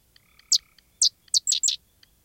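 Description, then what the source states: Sedge wren song: spaced dry chips leading into a brief burst of chattering notes, with a soft trill and faint ticking clicks in the background. Dry, chattering night song; species prefers grassy or sedgy marshes of the upper Midwest and Canada; distant gray tree frog trills and yellow rail clicking alongside.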